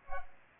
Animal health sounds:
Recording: mosquito wingbeat signal from an infrared sensor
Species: Culex pipiens

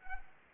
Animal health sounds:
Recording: mosquito wingbeat signal from an infrared sensor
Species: Anopheles arabiensis

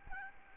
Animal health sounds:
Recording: mosquito wingbeat signal from an infrared sensor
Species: Aedes albopictus

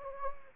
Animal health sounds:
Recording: mosquito wingbeat signal from an infrared sensor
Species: Anopheles gambiae

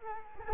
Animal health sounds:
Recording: mosquito wingbeat signal from an infrared sensor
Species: Culex quinquefasciatus

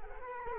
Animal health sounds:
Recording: mosquito wingbeat signal from an infrared sensor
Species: Culex quinquefasciatus

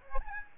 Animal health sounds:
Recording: mosquito wingbeat signal from an infrared sensor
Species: Aedes albopictus

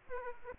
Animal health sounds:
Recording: mosquito wingbeat signal from an infrared sensor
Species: Aedes aegypti

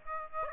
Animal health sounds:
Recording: mosquito wingbeat signal from an infrared sensor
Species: Aedes aegypti

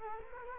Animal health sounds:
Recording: mosquito wingbeat signal from an infrared sensor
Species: Culex quinquefasciatus

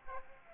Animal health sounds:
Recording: mosquito wingbeat signal from an infrared sensor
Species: Aedes aegypti

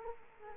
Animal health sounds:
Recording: mosquito wingbeat signal from an infrared sensor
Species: Culex quinquefasciatus

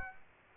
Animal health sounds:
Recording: mosquito wingbeat signal from an infrared sensor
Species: Aedes aegypti

